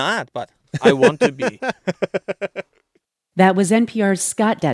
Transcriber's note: laughter